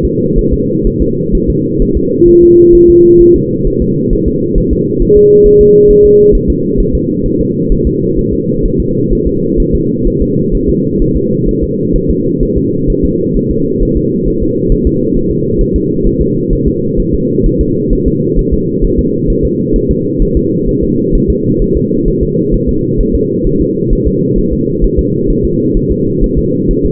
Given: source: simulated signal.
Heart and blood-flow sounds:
fetal heart sounds
0.05 s: S2
0.39 s: S1
0.53 s: S2
0.87 s: S1
1.02 s: S2
1.35 s: S1
1.50 s: S2
1.82 s: S1
1.97 s: S2
2.29 s: S1
2.43 s: S2
2.75 s: S1
2.90 s: S2
3.21 s: S1
3.36 s: S2
3.67 s: S1
3.82 s: S2
4.13 s: S1
4.28 s: S2
4.58 s: S1
4.73 s: S2
5.02 s: S1
5.17 s: S2
5.46 s: S1
5.61 s: S2
5.91 s: S1
6.05 s: S2
6.35 s: S1
6.50 s: S2
6.80 s: S1
6.95 s: S2
7.26 s: S1
7.41 s: S2
7.72 s: S1
7.87 s: S2
8.19 s: S1
8.33 s: S2
8.66 s: S1
8.80 s: S2
9.13 s: S1
9.27 s: S2
9.60 s: S1
9.75 s: S2
10.07 s: S1
10.22 s: S2
10.55 s: S1
10.70 s: S2
11.02 s: S1
11.17 s: S2
11.49 s: S1
11.63 s: S2
11.96 s: S1
12.10 s: S2
12.43 s: S1
12.58 s: S2
12.90 s: S1
13.05 s: S2
13.37 s: S1
13.51 s: S2
13.83 s: S1
13.97 s: S2
14.28 s: S1
14.42 s: S2
14.72 s: S1
14.87 s: S2
15.17 s: S1
15.31 s: S2
15.61 s: S1
15.76 s: S2
16.07 s: S1
16.21 s: S2
16.53 s: S1
16.68 s: S2
17.00 s: S1
17.14 s: S2
17.46 s: S1
17.61 s: S2
17.93 s: S1
18.08 s: S2
18.39 s: S1
18.54 s: S2
18.84 s: S1
18.99 s: S2
19.30 s: S1
19.45 s: S2
19.76 s: S1
19.91 s: S2
20.22 s: S1
20.37 s: S2
20.69 s: S1
20.84 s: S2
21.15 s: S1
21.30 s: S2
21.62 s: S1
21.77 s: S2
22.08 s: S1
22.23 s: S2
22.54 s: S1
22.69 s: S2
23.01 s: S1
23.15 s: S2
23.47 s: S1
23.61 s: S2
23.93 s: S1
24.07 s: S2
24.39 s: S1
24.53 s: S2
24.84 s: S1
24.99 s: S2
25.30 s: S1
25.45 s: S2
25.77 s: S1
25.92 s: S2
26.24 s: S1
26.38 s: S2
26.71 s: S1
26.86 s: S2
From the record:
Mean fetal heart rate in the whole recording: 130 bpm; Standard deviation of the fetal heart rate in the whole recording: 4 bpm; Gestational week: 38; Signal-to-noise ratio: -11.2 dB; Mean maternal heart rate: 72 bpm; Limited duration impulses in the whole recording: present

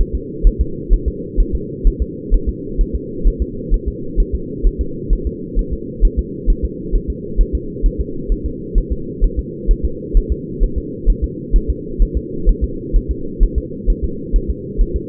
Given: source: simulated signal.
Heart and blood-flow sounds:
fetal heart sounds
0.01 s: S1
0.15 s: S2
0.47 s: S1
0.61 s: S2
0.93 s: S1
1.08 s: S2
1.40 s: S1
1.55 s: S2
1.87 s: S1
2.02 s: S2
2.34 s: S1
2.49 s: S2
2.81 s: S1
2.96 s: S2
3.28 s: S1
3.42 s: S2
3.74 s: S1
3.88 s: S2
4.20 s: S1
4.35 s: S2
4.67 s: S1
4.81 s: S2
5.13 s: S1
5.27 s: S2
5.59 s: S1
5.73 s: S2
6.05 s: S1
6.19 s: S2
6.50 s: S1
6.65 s: S2
6.95 s: S1
7.10 s: S2
7.41 s: S1
7.55 s: S2
7.86 s: S1
8.01 s: S2
8.32 s: S1
8.46 s: S2
8.78 s: S1
8.92 s: S2
9.24 s: S1
9.39 s: S2
9.71 s: S1
9.85 s: S2
10.17 s: S1
10.32 s: S2
10.64 s: S1
10.78 s: S2
11.10 s: S1
11.24 s: S2
11.56 s: S1
11.70 s: S2
12.02 s: S1
12.17 s: S2
12.49 s: S1
12.64 s: S2
12.96 s: S1
13.11 s: S2
13.43 s: S1
13.58 s: S2
13.90 s: S1
14.04 s: S2
14.36 s: S1
14.50 s: S2
14.81 s: S1
14.96 s: S2
From the record:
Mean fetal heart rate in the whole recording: 130 bpm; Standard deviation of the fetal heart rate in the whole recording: 2 bpm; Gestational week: 38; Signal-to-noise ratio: -4.3 dB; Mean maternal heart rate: 72 bpm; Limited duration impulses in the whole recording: absent

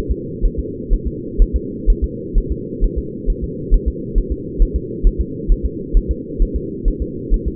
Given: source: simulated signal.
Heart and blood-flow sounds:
fetal heart sounds
0.11 s: S2
0.45 s: S1
0.59 s: S2
0.94 s: S1
1.07 s: S2
1.42 s: S1
1.56 s: S2
1.90 s: S1
2.04 s: S2
2.38 s: S1
2.52 s: S2
2.84 s: S1
2.98 s: S2
3.30 s: S1
3.44 s: S2
3.74 s: S1
3.88 s: S2
4.18 s: S1
4.32 s: S2
4.62 s: S1
4.76 s: S2
5.07 s: S1
5.21 s: S2
5.52 s: S1
5.66 s: S2
5.97 s: S1
6.11 s: S2
6.42 s: S1
6.56 s: S2
6.88 s: S1
7.02 s: S2
7.34 s: S1
7.48 s: S2
From the record:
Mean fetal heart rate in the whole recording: 130 bpm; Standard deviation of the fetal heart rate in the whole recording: 4 bpm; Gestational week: 38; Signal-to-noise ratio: -4.1 dB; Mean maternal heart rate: no maternal heart sound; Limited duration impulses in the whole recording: absent

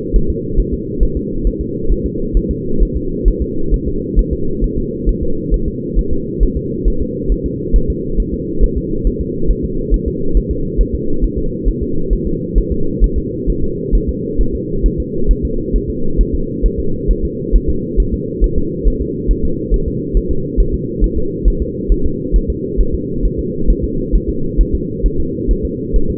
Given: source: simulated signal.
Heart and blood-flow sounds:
fetal heart sounds
0.16 s: S1
0.30 s: S2
0.60 s: S1
0.74 s: S2
1.03 s: S1
1.17 s: S2
1.47 s: S1
1.61 s: S2
1.92 s: S1
2.06 s: S2
2.37 s: S1
2.51 s: S2
2.83 s: S1
2.97 s: S2
3.28 s: S1
3.42 s: S2
3.74 s: S1
3.88 s: S2
4.19 s: S1
4.33 s: S2
4.64 s: S1
4.78 s: S2
5.09 s: S1
5.23 s: S2
5.54 s: S1
5.68 s: S2
5.99 s: S1
6.13 s: S2
6.43 s: S1
6.57 s: S2
6.88 s: S1
7.02 s: S2
7.32 s: S1
7.46 s: S2
7.76 s: S1
7.90 s: S2
8.20 s: S1
8.34 s: S2
8.64 s: S1
8.78 s: S2
9.07 s: S1
9.21 s: S2
9.51 s: S1
9.65 s: S2
9.94 s: S1
10.08 s: S2
10.37 s: S1
10.51 s: S2
10.81 s: S1
10.95 s: S2
11.24 s: S1
11.38 s: S2
11.69 s: S1
11.83 s: S2
12.13 s: S1
12.27 s: S2
12.58 s: S1
12.72 s: S2
13.04 s: S1
13.18 s: S2
13.50 s: S1
13.64 s: S2
13.95 s: S1
14.09 s: S2
14.41 s: S1
14.55 s: S2
14.86 s: S1
15.00 s: S2
15.31 s: S1
15.45 s: S2
15.76 s: S1
15.90 s: S2
16.21 s: S1
16.35 s: S2
16.66 s: S1
16.80 s: S2
17.11 s: S1
17.25 s: S2
17.55 s: S1
17.70 s: S2
18.00 s: S1
18.14 s: S2
18.44 s: S1
18.58 s: S2
18.88 s: S1
19.02 s: S2
19.31 s: S1
19.45 s: S2
19.74 s: S1
19.88 s: S2
20.17 s: S1
20.31 s: S2
20.60 s: S1
20.74 s: S2
21.04 s: S1
21.18 s: S2
21.48 s: S1
21.62 s: S2
21.92 s: S1
22.06 s: S2
22.36 s: S1
22.50 s: S2
22.80 s: S1
22.95 s: S2
23.25 s: S1
23.39 s: S2
23.70 s: S1
23.84 s: S2
24.16 s: S1
24.30 s: S2
24.61 s: S1
24.75 s: S2
25.06 s: S1
25.20 s: S2
25.51 s: S1
25.65 s: S2
25.96 s: S1
26.10 s: S2
From the record:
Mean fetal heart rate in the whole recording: 135 bpm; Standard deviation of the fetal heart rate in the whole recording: 3 bpm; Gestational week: 36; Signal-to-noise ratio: -8.1 dB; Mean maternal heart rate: 72 bpm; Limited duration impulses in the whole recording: present

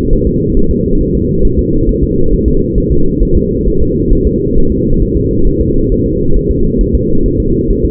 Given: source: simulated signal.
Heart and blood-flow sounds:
fetal heart sounds
0.13 s: S1
0.27 s: S2
0.57 s: S1
0.71 s: S2
1.01 s: S1
1.15 s: S2
1.45 s: S1
1.59 s: S2
1.89 s: S1
2.03 s: S2
2.33 s: S1
2.48 s: S2
2.78 s: S1
2.92 s: S2
3.23 s: S1
3.37 s: S2
3.67 s: S1
3.82 s: S2
4.12 s: S1
4.27 s: S2
4.58 s: S1
4.72 s: S2
5.02 s: S1
5.17 s: S2
5.47 s: S1
5.61 s: S2
5.92 s: S1
6.06 s: S2
6.36 s: S1
6.51 s: S2
6.81 s: S1
6.95 s: S2
7.26 s: S1
7.40 s: S2
7.70 s: S1
7.85 s: S2
From the record:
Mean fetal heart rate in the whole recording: 135 bpm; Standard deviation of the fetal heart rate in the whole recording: 3 bpm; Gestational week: 36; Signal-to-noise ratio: -17.7 dB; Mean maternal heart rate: 72 bpm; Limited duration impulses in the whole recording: present

